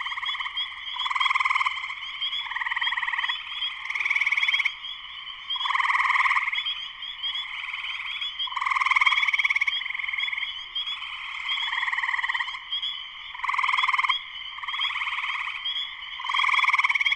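A dense chorus of spring peepers trills and peeps continuously, pulsing in overlapping bright bursts every second or two, loud.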